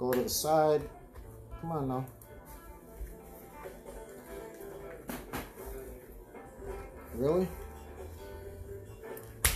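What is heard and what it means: Someone talks while pressing a resisting side clip of a suspension web kit onto the liner disc of a 1980s M1 helmet liner. A loud, sharp snap at 9.5 s marks the clip forced on and seated.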